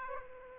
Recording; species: mosquito wingbeat signal from an infrared sensor; Aedes aegypti